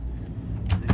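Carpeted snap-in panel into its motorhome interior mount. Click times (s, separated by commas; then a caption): 0.7 s. A carpeted removable snap-in panel in the interior of a 2006 Prevost Marathon motorhome coach is pushed back into its mount and closes with a sharp snap at 0.7 s, nearly catching a finger. A low rumble runs underneath, with another brief burst at the very end. The panel is seated, snapped into place.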